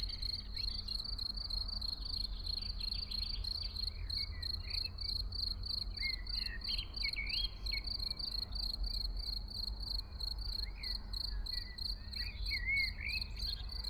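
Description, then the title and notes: Field cricket chirping continuously in quick, even bursts, joined by scattered fluting blackbird phrases over a low background rumble. Early summer in a small village, Ettenkirch near Lake Constance, recorded over 14 years ago with Edirol R1 and OKM I microphones; blackbirds in background. "Ettenkirch near lake Constance - Early summer scene in a small village. Frühsommerszene in einem kleinen Dorf in der Nähe des Bodensees: Feldgrille, Amseln, Kirchenglocken, Stimmen und einige Autos im Hintergrund"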